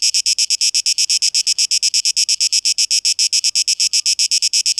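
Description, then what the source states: Cicada song, shrill pulsed buzzing at a brisk, even beat. Recorded 12 August 2023.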